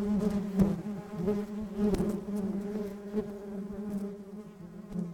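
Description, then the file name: Bees producing a constant low buzzing drone with harmonic layers, punctuated by a few brief sharp taps. "Wild bees"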